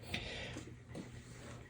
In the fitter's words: And then it'll snap into place like that.